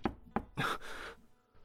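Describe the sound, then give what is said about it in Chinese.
A sudden knocking on a door late at night: two quick, sharp wooden raps followed by a heavier, longer knock that rattles briefly before fading. No one speaks. “突然一阵敲门声响起”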